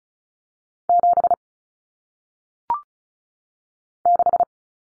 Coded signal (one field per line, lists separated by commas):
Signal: Morse code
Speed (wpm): 35 wpm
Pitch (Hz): 700 Hz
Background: none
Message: 7 6